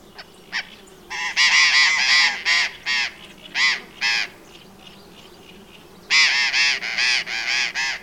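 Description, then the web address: Burrowing parrot screeching loudly in rapid bursts, harsh rasping notes tumbling one after another, a quiet gap midway, then another fast volley of grating calls. "parrots cyanoliseus-patagonus"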